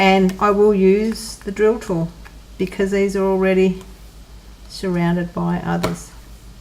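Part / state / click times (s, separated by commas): resin drill into a gap in a diamond painting canvas / not seated / none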